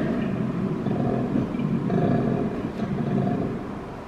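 Koala giving a deep, rough, continuous grunting sound with no clear gaps.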